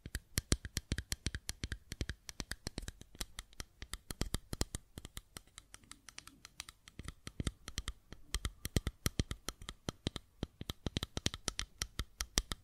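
A fidget cube is tapped and clicked in fast, dense runs of sharp, bright clicks that continue through the whole recording. The pace slows briefly around the six to seven second mark, where a faint low rustle shows, then the rapid clicking picks up again.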